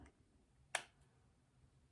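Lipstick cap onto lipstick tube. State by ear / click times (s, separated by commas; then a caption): seated / 0.8 s. A lipstick cap is pushed onto its tube and snaps shut, seated by a magnetic closure. A single sharp, bright snap is heard at 0.8 s against a quiet background, with a faint tick near the start.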